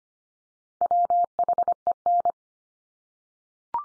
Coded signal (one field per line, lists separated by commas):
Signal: Morse code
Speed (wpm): 25 wpm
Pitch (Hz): 700 Hz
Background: none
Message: WHEN